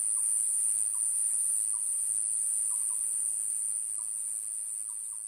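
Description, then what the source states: Grass cicada song: an unbroken, piercing high hiss, with soft little chirps at irregular intervals underneath. Male raises its abdomen high when calling; lives in grass in lowlands and low-elevation hills; appears April to August.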